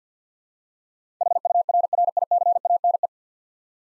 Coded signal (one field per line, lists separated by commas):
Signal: Morse code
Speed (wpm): 47 wpm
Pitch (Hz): 700 Hz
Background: none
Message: HURRICANE